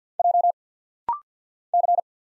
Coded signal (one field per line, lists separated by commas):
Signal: Morse code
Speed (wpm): 49 wpm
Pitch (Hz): 700 Hz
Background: none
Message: J C